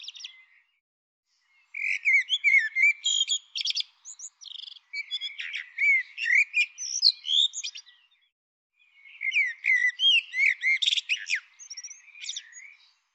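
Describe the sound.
Bird song in two long bursts of varied whistled, rising and falling notes mixed with quick buzzy chirps, separated by a short pause.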